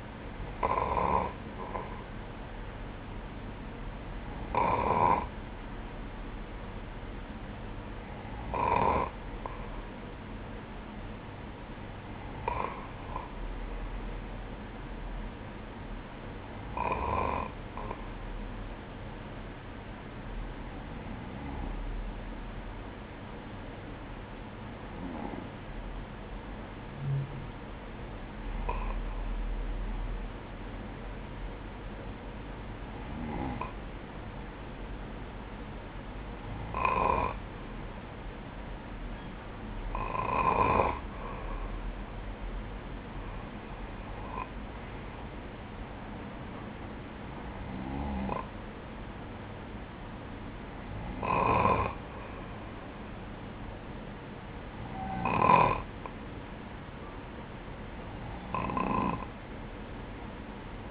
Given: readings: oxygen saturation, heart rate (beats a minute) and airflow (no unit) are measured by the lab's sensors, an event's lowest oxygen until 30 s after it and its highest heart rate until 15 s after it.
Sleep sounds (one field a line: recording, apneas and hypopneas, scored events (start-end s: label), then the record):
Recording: breathing in sleep by a voice recorder at the bedside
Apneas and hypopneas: none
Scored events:
29.00-60.91 s: new sleep stage, N2 (light sleep)
From the record:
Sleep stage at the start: N1 (lightest sleep)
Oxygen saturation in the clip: 90 to 97%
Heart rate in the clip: 58 to 62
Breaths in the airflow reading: 16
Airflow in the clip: -10.7 to 5.5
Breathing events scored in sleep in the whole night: 180 in 6.7 hours asleep